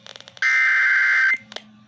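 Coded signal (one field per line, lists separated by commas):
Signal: Emergency Alert System (SAME) tones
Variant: header bursts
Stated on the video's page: Real EAS Flash Flood Warning for Johnston County NC.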